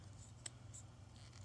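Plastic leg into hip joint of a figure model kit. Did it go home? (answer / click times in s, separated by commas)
no / none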